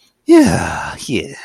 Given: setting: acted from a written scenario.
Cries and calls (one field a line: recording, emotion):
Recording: vocal sound without words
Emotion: serenity